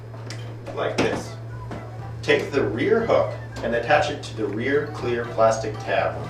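The front yellow plastic clip of a remote-control flying fish balloon toy is clipped onto its front clear plastic tab. A single short, sharp tick is heard at 0.3 s as the clip snaps onto the tab and seats, while someone talks throughout.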